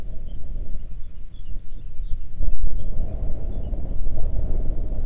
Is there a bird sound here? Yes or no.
yes